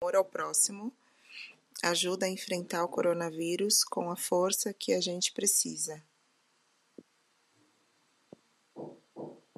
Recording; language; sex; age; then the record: spoken sentence; Brazilian Portuguese; female; 30 to 39 years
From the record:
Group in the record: control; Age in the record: 32 years